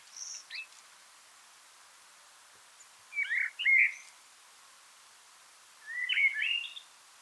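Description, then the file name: Common blackbird singing a faint opening phrase, then two fuller warbled phrases of mellow whistles and twitters about three seconds apart. "Turdus merula"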